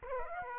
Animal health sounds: mosquito wingbeat signal from an infrared sensor; Aedes aegypti

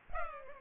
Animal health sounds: mosquito wingbeat signal from an infrared sensor; Culex pipiens

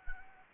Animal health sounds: mosquito wingbeat signal from an infrared sensor; Anopheles arabiensis

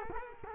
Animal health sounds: mosquito wingbeat signal from an infrared sensor; Culex quinquefasciatus

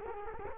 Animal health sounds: mosquito wingbeat signal from an infrared sensor; Culex quinquefasciatus

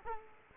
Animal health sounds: mosquito wingbeat signal from an infrared sensor; Culex quinquefasciatus

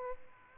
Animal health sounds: mosquito wingbeat signal from an infrared sensor; Aedes aegypti

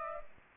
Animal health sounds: mosquito wingbeat signal from an infrared sensor; Aedes aegypti

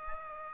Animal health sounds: mosquito wingbeat signal from an infrared sensor; Aedes aegypti

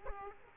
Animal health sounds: mosquito wingbeat signal from an infrared sensor; Aedes aegypti

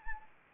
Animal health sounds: mosquito wingbeat signal from an infrared sensor; Anopheles arabiensis

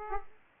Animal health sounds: mosquito wingbeat signal from an infrared sensor; Aedes aegypti

